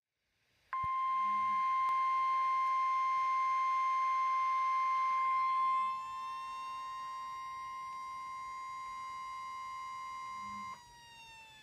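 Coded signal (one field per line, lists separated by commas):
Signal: Emergency Alert System (SAME) tones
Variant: 1050 Hz attention tone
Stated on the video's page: Special marine warning recorded with an iPhone 5S, with a siren sounding nearby.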